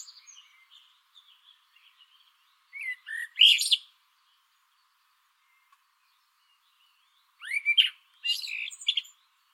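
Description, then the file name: Eurasian blackbird song: two separate phrases of low, throaty warbling breaking into high twittery squeaks, with a long silence between them. "Turdus merula"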